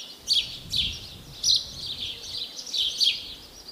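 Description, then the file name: House sparrow giving several bright chirps over low background rumble. "Passer domesticus"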